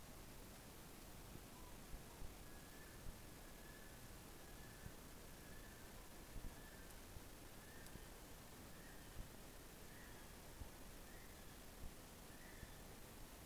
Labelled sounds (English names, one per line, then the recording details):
North Island Brown Kiwi male call
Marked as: faintness 3/5
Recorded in New Zealand on 12 February 2013
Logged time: 22:59
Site DH65